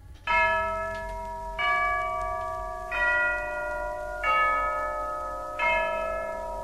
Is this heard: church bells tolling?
yes